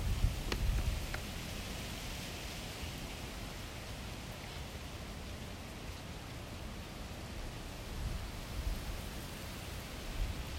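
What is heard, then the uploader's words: High winds in Los Angeles make a steady, dense roar with a deep rumbling low end. Gusts swell at the start, again around eight seconds and near the end, and a few sharp clicks snap early on. Los Angeles Today’s High Winds.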